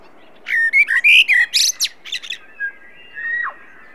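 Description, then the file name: Common blackbird singing one warbled phrase of low fluty notes ending in a burst of shrill, scratchy twitters, followed by quieter thin whistles in the background. "Turdus merula"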